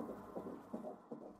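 Soft, rapid whooshing pulses near 160 a minute: the heartbeat of a male fetus picked up on ultrasound.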